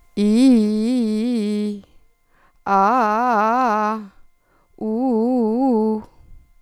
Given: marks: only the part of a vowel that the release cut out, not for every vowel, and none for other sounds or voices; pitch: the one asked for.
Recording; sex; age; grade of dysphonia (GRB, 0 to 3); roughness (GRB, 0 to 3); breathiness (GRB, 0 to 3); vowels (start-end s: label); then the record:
sustained vowels; female; 50 to 59 years; 0; 0; 0
0.25-1.60 s: vowel /i/, low-high-low pitch
2.76-3.87 s: vowel /a/, low-high-low pitch
5.02-5.88 s: vowel /u/, low-high-low pitch
From the record:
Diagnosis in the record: functional dysphonia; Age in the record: 53 years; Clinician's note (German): Ponogen